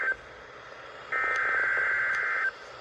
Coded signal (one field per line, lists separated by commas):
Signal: Emergency Alert System (SAME) tones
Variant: header bursts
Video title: MOB? PM RWT from KEC86 (EAS 430)